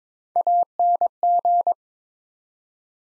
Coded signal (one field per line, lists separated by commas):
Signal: Morse code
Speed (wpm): 22 wpm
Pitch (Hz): 700 Hz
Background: none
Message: ANG